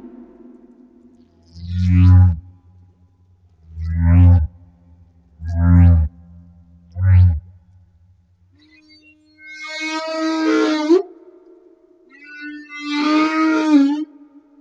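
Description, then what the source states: Humpback whale singing four short, deep grunting moans, followed by two longer, higher wailing cries. Recorded off Madagascar.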